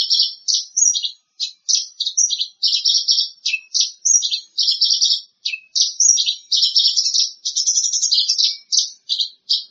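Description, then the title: Greater green leafbird song: a dense, scratchy stream of harsh chirps and bright whistles that barely pauses from start to finish. "Kicau Cucak Ijo"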